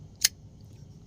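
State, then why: Seated. A folding knife is unlocked and its steel blade is closed, clicking back into the detent, the spring-ball catch that holds the blade shut. One sharp, bright click at 0.3 s stands out over a low, steady background hum. The blade is seated in its closed detent.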